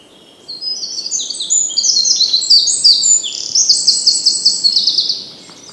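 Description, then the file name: Eurasian wren song: a loud, high, rapid outpouring of tinkling notes and trills lasting about five seconds, ending in a fast rattling trill. "Troglodytes troglodytes"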